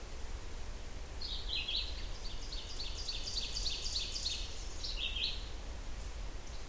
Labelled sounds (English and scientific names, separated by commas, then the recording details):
Ovenbird (Seiurus aurocapilla) song
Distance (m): 45 m
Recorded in boreal forest in Alberta, Canada, on 30 June 2016 at 08:12
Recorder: SongMeter 3, array SBT-6-79
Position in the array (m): 21 m, 143 m
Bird 40